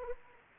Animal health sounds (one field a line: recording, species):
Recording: mosquito wingbeat signal from an infrared sensor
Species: Anopheles arabiensis